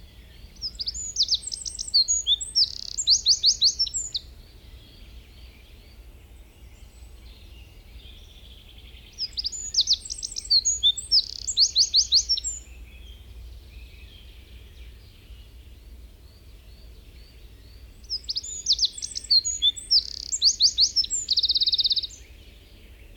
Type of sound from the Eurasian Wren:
song